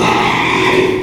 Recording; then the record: squeal of a Yucatan mini pig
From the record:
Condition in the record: after surgery on the right vocal fold (resection and tissue-engineered implant); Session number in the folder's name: 1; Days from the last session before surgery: 6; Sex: male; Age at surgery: 12 weeks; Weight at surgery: 13 kg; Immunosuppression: cyclosporine, prednisolone